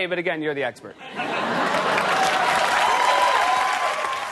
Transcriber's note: soundbite of audience laughter